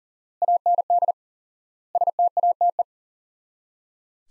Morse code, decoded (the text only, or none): AND STATE